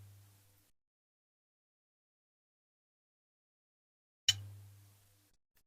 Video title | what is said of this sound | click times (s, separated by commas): Dinky Toys 2253 Ford Capri Police Car Diecast Restoration | There you are. You heard that click? | 4.3 s